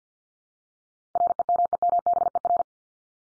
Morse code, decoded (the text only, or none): REMEMBER